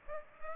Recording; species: mosquito wingbeat signal from an infrared sensor; Aedes aegypti